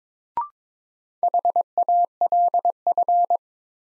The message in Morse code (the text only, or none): HALF